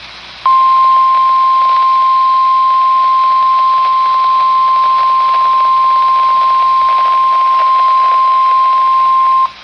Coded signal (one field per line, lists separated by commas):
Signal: Emergency Alert System (SAME) tones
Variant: 1050 Hz attention tone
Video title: (EAS "#324") GSP Severe Thunderstorm Warning from KJY85 (Statesville, NC) - 5/25/2024